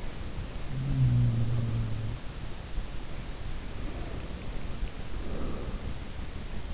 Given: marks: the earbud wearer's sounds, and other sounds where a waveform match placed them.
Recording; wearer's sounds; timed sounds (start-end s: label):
sounds in sleep by an in-ear microphone; breath
0.00-2.55 s: sound from someone else or the room
3.73-6.21 s: breath